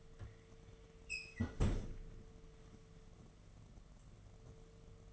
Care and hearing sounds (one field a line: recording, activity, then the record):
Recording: daily activity, microphone in the room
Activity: close fridge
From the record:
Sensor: 4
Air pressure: 1015.8 hPa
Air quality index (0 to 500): 184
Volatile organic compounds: 9 ppm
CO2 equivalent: 2130 ppm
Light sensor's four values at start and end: 9/20/8/9 and 12/27/11/11